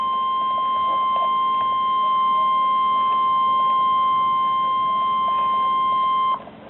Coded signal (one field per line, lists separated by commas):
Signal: Emergency Alert System (SAME) tones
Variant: 1050 Hz attention tone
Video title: NOAA Weather Radio: Severe Thunderstorm Warning (EAS #13)